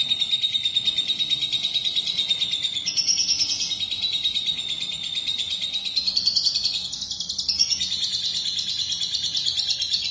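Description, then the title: Lovebird song: nonstop rapid buzzy chatter whose pitch wavers up and down, with short higher squeaky bursts mixed into the stream. "BM Suara Burung Lovebird"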